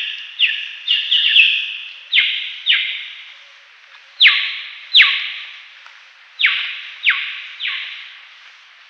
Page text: Sri Lanka Myna Calls. Quick Sounds